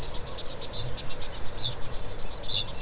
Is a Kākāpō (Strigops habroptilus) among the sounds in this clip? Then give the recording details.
yes. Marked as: faintness 4/5. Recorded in New Zealand. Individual Stumpy